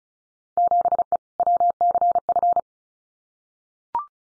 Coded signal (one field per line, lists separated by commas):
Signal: Morse code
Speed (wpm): 34 wpm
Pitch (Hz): 700 Hz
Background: none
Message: 7E WCF